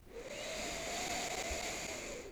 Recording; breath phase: one breath near a microphone; inhalation